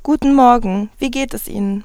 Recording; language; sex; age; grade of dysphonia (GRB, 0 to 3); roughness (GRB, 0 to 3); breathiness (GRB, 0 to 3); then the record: spoken sentence; German; female; 20 to 29 years; 0; 0; 0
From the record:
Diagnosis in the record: healthy voice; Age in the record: 21 years